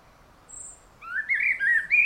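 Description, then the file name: Common blackbird song phrase: a thin high whistle, then rising mellow fluted notes that grow louder toward the end. "Turdus merula"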